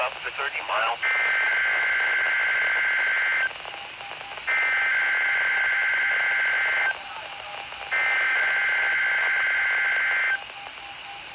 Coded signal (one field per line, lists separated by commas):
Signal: Emergency Alert System (SAME) tones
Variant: header bursts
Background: speech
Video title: Required weekly tests (EAS 2322-2323)